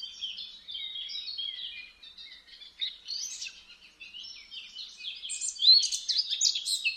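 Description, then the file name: Eurasian blackcap warbling continuously, a high, jumbled stream of quick notes that grows louder and more varied toward the end. "Sylvia atricapilla"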